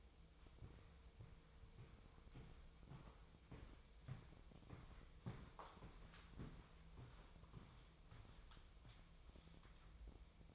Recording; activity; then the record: daily activity, microphone in the room; walk to room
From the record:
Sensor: 1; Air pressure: 999.4 hPa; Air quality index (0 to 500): 200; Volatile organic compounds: 41 ppm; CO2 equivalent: 3165 ppm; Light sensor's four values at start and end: 9/23/9/9 and 9/22/8/9